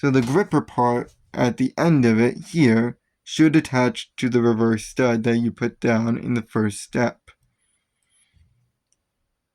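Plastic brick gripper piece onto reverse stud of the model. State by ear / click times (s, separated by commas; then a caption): not seated / none. Someone talks while handling a plastic building-brick gripper piece that is meant to attach to the reverse stud put down in the first step of the model. After the talking stops, only a couple of faint ticks are heard, around 8.0 s and 8.9 s. Nothing has seated or clicked into place yet.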